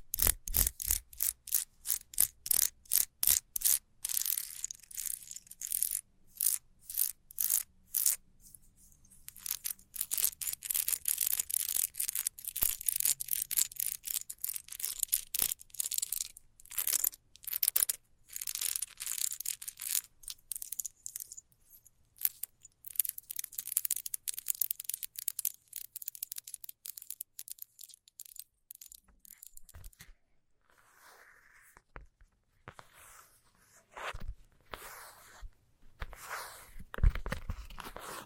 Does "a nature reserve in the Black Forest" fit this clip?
no